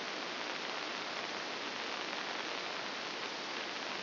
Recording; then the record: brain microelectrode recording played as sound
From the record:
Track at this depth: inside the subthalamic nucleus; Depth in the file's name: 4.663 mm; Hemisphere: left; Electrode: 2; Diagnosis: Parkinson's disease